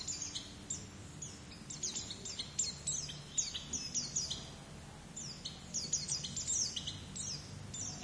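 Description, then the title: White-eye song: rapid, high-pitched twittering made of quick, thin descending chirps in dense bursts throughout, over a steady low background hum. "Pleci"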